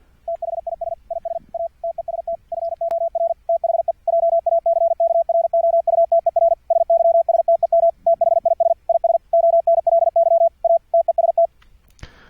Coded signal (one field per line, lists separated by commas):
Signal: Morse code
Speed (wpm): 48 wpm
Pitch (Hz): 670 Hz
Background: radio noise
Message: THIS IS A TEST FOR THE JACKROUTER SYSTEM THIS IS ONLY A TEST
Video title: Morse Code QSO over the internet - software setup - config 7 - Jackrouter ( sidetone )